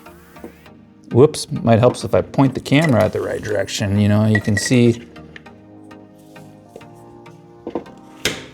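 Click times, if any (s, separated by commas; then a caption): 8.2 s. Someone talks while an oil catch can bowl is pushed up and twisted onto its aluminium mounting head on an LS engine. After a few faint taps, a sharp click at 8.3 s marks the bowl locking home, seated.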